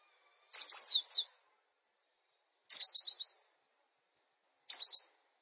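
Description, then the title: Bird song with three separate phrases of rapid, high, downslurred notes, each shorter than a second, spaced about two seconds apart. "LuckyPassaro"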